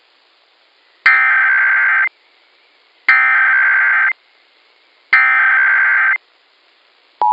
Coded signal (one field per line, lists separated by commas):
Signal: Emergency Alert System (SAME) tones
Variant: header bursts